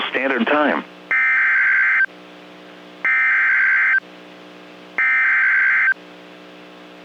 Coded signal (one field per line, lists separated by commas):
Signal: Emergency Alert System (SAME) tones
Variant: header bursts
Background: speech